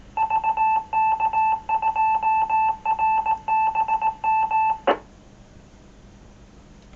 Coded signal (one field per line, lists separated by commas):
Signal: Morse code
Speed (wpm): 17 wpm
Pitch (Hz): 880 Hz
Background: none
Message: VK2RBM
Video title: 2M Net 16 Sept 2015